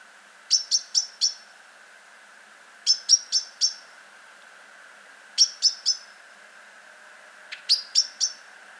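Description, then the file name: Common blackbird call: brisk, sharp ticking notes in clusters of three or four, repeated roughly every two and a half seconds over a constant background hum. "Turdus merula"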